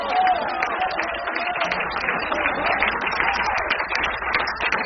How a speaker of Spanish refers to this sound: Y aplauso más aguado ese.